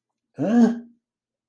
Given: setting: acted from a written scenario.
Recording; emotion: vocal sound without words; confusion